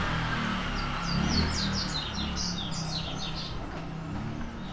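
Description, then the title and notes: Birds chirping in quick high notes over a loud low rumble, like a passing car. Birds singing at a neighbour's house, car passing; Brazil, 9 June 2017, 06:00; recorded on a Sony PCM-D50 handheld recorder, stereo. "Pássaros cantando na casa do vizinho, carro passando. Data: 09/06/2017 Horário: 06:00 Som captado por: Hanna Vasconcelos"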